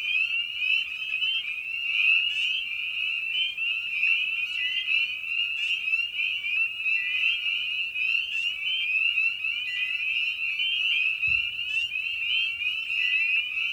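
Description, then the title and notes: Spring peepers calling in a thick chorus of piercing high peeps, steady and unbroken, with a brief low thump near the end. Spring peepers recorded at a frog pond in the evening; presented in a modified format intended as a sleep aid. "Episode 5: Night of the Peepers. we return to the frog pond for a meditative evening. Species in Focus: Spring Peeper (Pseudacris crucifer). Written, recorded, and produced by Ian Carlsen"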